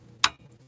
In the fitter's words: You heard that little click.